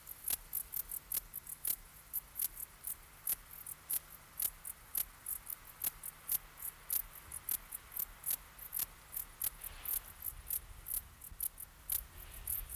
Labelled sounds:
Bog Bush-cricket stridulation
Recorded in the wild
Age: imago
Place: Treuchtlingen, Heumöderntal, Bayern, DE
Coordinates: 48.96, 10.91
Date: 1993-09-02 14:20
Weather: sonnig 18.8° C
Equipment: Marantz CP 430, Sennheiser MKH 416 T, Kopie Uher Variocord 263
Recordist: Tembrock, Günter

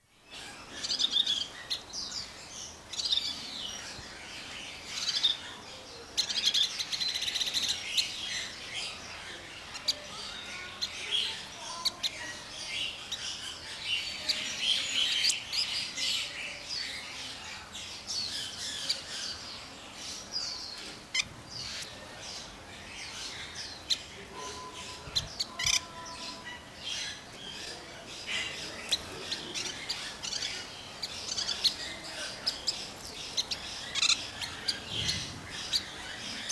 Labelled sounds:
Black-chinned Yuhina call
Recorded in captivity
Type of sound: call sequence
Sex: group
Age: adult
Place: Zoo Berlin, Berlin, DE
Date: 1997-01-18 12:25
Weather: bedeckt, -1°C
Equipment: Nagra SN, Kopie Uher 4000 Report Monitor
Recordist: Tembrock, Günter
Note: Gruppe mit Lautfolgen, auf Mikrofon bezogen, Entfernung ca. 0,5 m

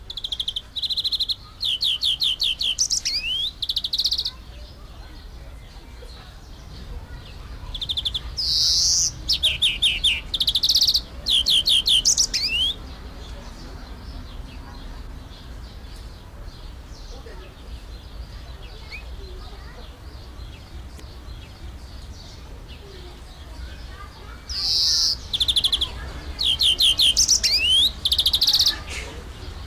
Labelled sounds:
European Greenfinch
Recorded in captivity
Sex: male
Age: adult
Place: Zoo Berlin, Berlin, DE
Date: 1999-07-03 13:00
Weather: fair, 25-27°C
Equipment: Sony WM-D6C, Sennheiser ME 80, Kopie Uher 4000 Report Monitor
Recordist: Tembrock, Günter
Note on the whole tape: Gesang (gekäfigt), Entfernung ca

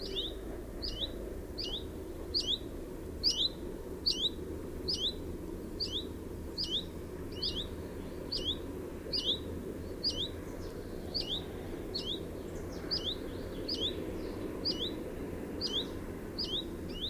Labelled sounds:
Common Chiffchaff alarm call
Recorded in the wild
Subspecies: collybita
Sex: pair
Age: adult
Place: Spitzberg, Tübingen, Baden-Württemberg, DE
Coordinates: 48.5167, 9.01667
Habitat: edge of the woods
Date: 1967-07-07 12:10
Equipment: Nagra III PH, kleiner englischer Parabolspiegel, LGS26
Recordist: Schneider, Hans-Joachim

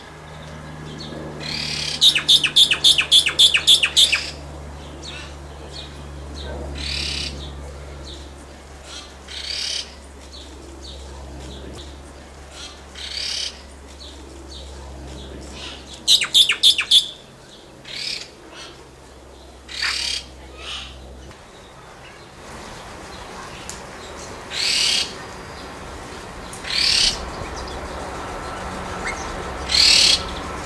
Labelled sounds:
Red-tailed Laughingthrush call
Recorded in captivity
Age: adult
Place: Zoo Berlin, Berlin, DE
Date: 1999-07-28 16:58
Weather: fair, 24-26°C
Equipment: Sony WM-D6C, Sennheiser ME 80, Kopie Uher 4000 Report Monitor
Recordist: Tembrock, Günter

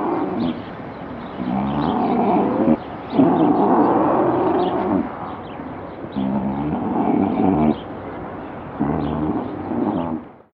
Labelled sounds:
Andean Condor
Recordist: Tembrock, Günter
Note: Rufe am Boden

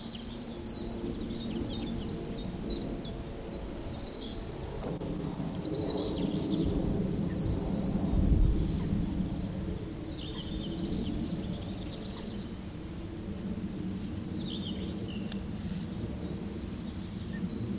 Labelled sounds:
Yellowhammer
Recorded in the wild
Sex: male
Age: adult
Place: Blankenfelde, Berlin, DE
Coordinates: 52.625, 13.404
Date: 1992-05-28 10:46
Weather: sonnig, 20-24 °C, böiger Ost-Wind
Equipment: Nagra SN, Mikrofon AKG CK 8, Kopie Tesla B 116
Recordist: Tembrock, Günter
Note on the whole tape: NSG Köppchensee; Gesang ....-___ (zie-tieh), 2 Strophentypen

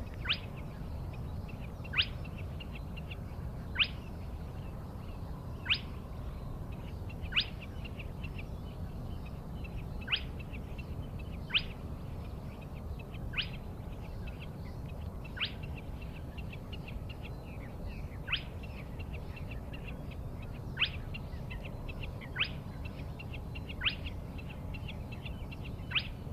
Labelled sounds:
Spotted Crake
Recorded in the wild
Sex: male
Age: adult
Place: Schwedt/Oder, Nationalpark Unteres Odertal, Brandenburg, DE
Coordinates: 53.1044, 14.3492
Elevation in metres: 1
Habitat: wetland
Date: 2015-04-23 04:45
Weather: clear, 4°C, almost windless
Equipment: Sound Devices 702, Sennheiser MKH 70, Rycote Windschutz
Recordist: Frommolt, Karl-Heinz

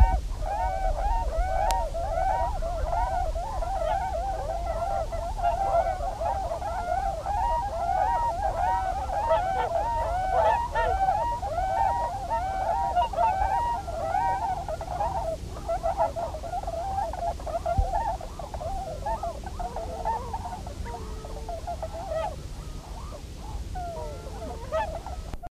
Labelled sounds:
Tundra Swan call
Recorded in captivity
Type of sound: call
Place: Hitzacker (Elbe), Niedersachsen, DE
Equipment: Halbspur 19 cm
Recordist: Lütgens, Hans
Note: Begrüßung

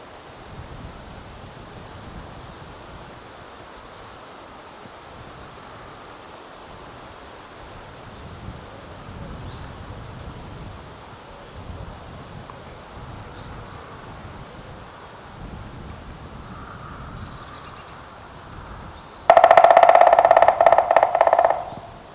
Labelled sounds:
Black Woodpecker
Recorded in the wild
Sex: male
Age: adult
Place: Bernau bei Berlin, Barnim, Brandenburg, DE
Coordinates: 52.6598, 13.6494
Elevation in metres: 88
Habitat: deciduous forest
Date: 2021-02-21 08:21
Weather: clear, 1-3°C, weak wind
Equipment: Olympus LS3, Olympus ME31
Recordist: Frommolt, Karl-Heinz

